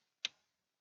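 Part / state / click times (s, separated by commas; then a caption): CPU power cable plug into motherboard power header / seated / 0.2 s. A CPU power cable plug with stiff wires is pushed into the motherboard power header until its clip latches. A single sharp click sounds at 0.3 s, bright in the upper frequencies, and fades within about 0.2 s. The connector is seated.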